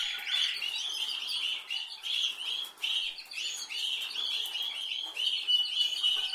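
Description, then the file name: Canary singing a rapid run of bright, rolling chirps, steady and high, with short dips between phrases. "Canary Voice"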